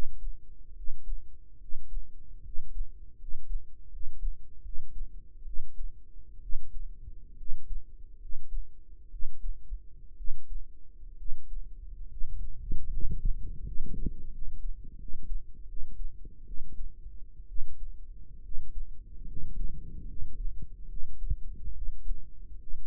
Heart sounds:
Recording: heart sounds by microphone in the right ear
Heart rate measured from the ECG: 71 bpm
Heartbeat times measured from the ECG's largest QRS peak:
0.74 s: heartbeat
1.58 s: heartbeat
2.42 s: heartbeat
3.17 s: heartbeat
3.89 s: heartbeat
4.62 s: heartbeat
5.44 s: heartbeat
6.40 s: heartbeat
7.35 s: heartbeat
8.18 s: heartbeat
9.08 s: heartbeat
10.15 s: heartbeat
11.15 s: heartbeat
12.07 s: heartbeat
12.88 s: heartbeat
13.62 s: heartbeat
14.29 s: heartbeat
14.96 s: heartbeat
15.65 s: heartbeat
16.44 s: heartbeat
17.46 s: heartbeat
18.41 s: heartbeat
19.24 s: heartbeat
20.05 s: heartbeat
20.86 s: heartbeat
21.71 s: heartbeat
22.56 s: heartbeat
From the record:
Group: healthy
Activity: rest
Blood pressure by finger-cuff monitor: 106/71 mmHg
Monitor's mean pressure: 79 mmHg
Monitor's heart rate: 74 bpm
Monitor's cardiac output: 5.7 L/min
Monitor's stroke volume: 76 mL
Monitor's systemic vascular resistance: 1020 dyn s/cm5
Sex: male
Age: 21 years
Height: 170 cm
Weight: 71 kg

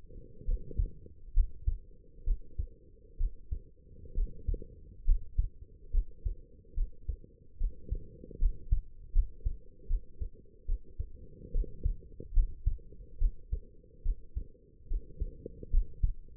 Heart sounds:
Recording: heart sounds by stethoscope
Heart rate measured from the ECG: 71 bpm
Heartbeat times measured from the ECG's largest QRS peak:
0.45 s: heartbeat
1.34 s: heartbeat
2.24 s: heartbeat
3.17 s: heartbeat
4.14 s: heartbeat
5.05 s: heartbeat
5.91 s: heartbeat
6.74 s: heartbeat
7.57 s: heartbeat
8.39 s: heartbeat
9.12 s: heartbeat
9.87 s: heartbeat
10.66 s: heartbeat
11.51 s: heartbeat
12.33 s: heartbeat
13.18 s: heartbeat
14.02 s: heartbeat
14.87 s: heartbeat
15.70 s: heartbeat
From the record:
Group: healthy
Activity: rest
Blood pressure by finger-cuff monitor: 108/69 mmHg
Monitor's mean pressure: 79 mmHg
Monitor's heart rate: 71 bpm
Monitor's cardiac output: 5.6 L/min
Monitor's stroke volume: 78 mL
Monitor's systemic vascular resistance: 1030 dyn s/cm5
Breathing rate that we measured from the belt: 16 breaths a minute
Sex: female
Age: 23 years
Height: 160 cm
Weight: 50.4 kg

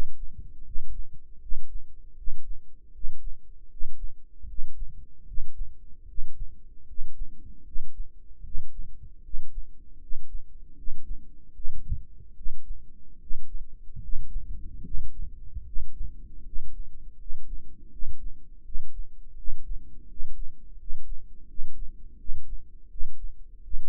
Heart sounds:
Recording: heart sounds by microphone in the right ear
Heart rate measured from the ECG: 78 bpm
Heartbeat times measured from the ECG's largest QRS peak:
0.63 s: heartbeat
1.39 s: heartbeat
2.15 s: heartbeat
2.92 s: heartbeat
3.68 s: heartbeat
4.46 s: heartbeat
5.25 s: heartbeat
6.06 s: heartbeat
6.85 s: heartbeat
7.63 s: heartbeat
8.42 s: heartbeat
9.22 s: heartbeat
9.99 s: heartbeat
10.75 s: heartbeat
11.53 s: heartbeat
12.34 s: heartbeat
13.19 s: heartbeat
14.00 s: heartbeat
14.82 s: heartbeat
15.64 s: heartbeat
16.43 s: heartbeat
17.17 s: heartbeat
17.90 s: heartbeat
18.63 s: heartbeat
19.35 s: heartbeat
20.07 s: heartbeat
20.77 s: heartbeat
21.47 s: heartbeat
22.17 s: heartbeat
22.89 s: heartbeat
23.62 s: heartbeat
From the record:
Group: healthy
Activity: rest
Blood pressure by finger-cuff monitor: 119/77 mmHg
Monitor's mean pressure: 85 mmHg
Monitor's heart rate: 78 bpm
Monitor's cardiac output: 6.7 L/min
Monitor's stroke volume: 85 mL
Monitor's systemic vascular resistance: 930 dyn s/cm5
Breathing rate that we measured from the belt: 17 breaths a minute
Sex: male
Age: 35 years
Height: 180 cm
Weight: 86.9 kg

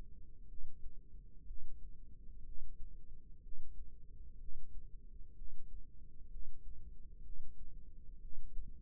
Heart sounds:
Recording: heart sounds by microphone in the left ear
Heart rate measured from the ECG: 62 bpm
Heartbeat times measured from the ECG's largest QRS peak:
0.46 s: heartbeat
1.44 s: heartbeat
2.43 s: heartbeat
3.40 s: heartbeat
4.37 s: heartbeat
5.34 s: heartbeat
6.28 s: heartbeat
7.21 s: heartbeat
8.19 s: heartbeat
From the record:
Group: healthy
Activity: breath hold 0-6 s, rest 6-9 s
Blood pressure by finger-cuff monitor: 132/64 mmHg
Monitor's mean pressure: 83 mmHg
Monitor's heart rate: 62 bpm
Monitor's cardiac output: 5.6 L/min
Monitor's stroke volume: 91 mL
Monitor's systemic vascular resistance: 1060 dyn s/cm5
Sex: female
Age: 37 years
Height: 168 cm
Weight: 70 kg

